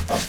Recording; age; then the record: pig call; piglet (1 to 25 days)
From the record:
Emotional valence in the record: positive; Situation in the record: reunion after long isolation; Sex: male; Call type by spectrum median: low-frequency call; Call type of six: low-frequency tonal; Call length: 0.30 s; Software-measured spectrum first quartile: 436 Hz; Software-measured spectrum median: 1211 Hz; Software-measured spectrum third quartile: 4777 Hz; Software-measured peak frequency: 694 Hz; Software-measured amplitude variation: 133 dB a second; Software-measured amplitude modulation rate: 16.9 a second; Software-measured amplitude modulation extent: 7.9 dB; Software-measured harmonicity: 1.5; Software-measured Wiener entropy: -1.94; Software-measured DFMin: 636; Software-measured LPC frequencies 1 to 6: 664, 2906, 3706, 4614, 5438, 6139 Hz